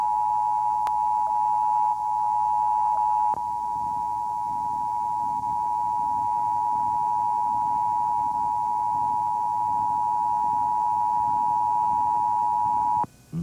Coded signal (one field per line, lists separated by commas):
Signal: Emergency Alert System (SAME) tones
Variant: 853 and 960 Hz attention tone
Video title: Your Husband Is My Baby’s Father! (EAS Test)